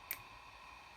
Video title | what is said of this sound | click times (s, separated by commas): How to Thread a Singer 5137 Sewing Machine | bring it to this first thread guide here it'll snap right in | 0.1 s